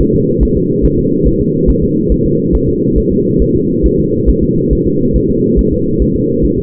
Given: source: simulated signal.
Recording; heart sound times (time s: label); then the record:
fetal heart sounds
0.01 s: S1
0.14 s: S2
0.43 s: S1
0.57 s: S2
0.85 s: S1
0.99 s: S2
1.28 s: S1
1.41 s: S2
1.70 s: S1
1.84 s: S2
2.12 s: S1
2.26 s: S2
2.55 s: S1
2.69 s: S2
2.98 s: S1
3.12 s: S2
3.42 s: S1
3.56 s: S2
3.86 s: S1
4.00 s: S2
4.29 s: S1
4.43 s: S2
4.73 s: S1
4.87 s: S2
5.16 s: S1
5.30 s: S2
5.59 s: S1
5.73 s: S2
6.02 s: S1
6.16 s: S2
6.44 s: S1
6.58 s: S2
From the record:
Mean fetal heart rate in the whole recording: 140 bpm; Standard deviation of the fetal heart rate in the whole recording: 2 bpm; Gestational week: 34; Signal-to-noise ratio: -11.2 dB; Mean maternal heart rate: 72 bpm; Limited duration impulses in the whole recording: present